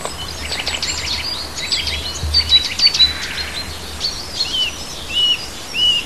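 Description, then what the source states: Bird twitters with a few clear whistled notes standing out, over continuous low background noise. Native bird, recorded in a hedge in March.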